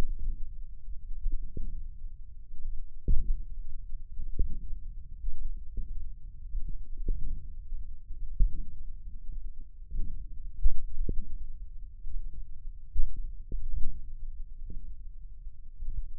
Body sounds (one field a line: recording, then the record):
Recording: forearm muscle sounds (acoustic myography)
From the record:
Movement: thumb flexion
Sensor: system 1, eight BSWA MPA416 microphones around the upper forearm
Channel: 8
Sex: male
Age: 20 years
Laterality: left